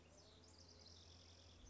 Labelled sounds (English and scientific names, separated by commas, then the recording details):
House Wren (Troglodytes aedon)
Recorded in Sonoma County, California